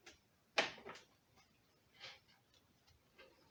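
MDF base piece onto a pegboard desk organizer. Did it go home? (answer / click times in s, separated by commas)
yes / 0.6 s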